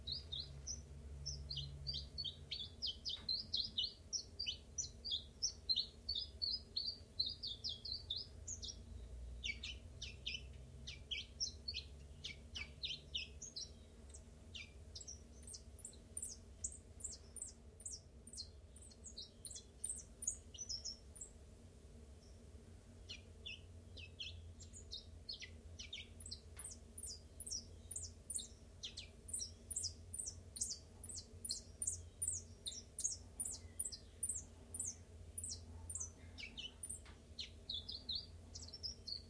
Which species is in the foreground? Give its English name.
Common Chiffchaff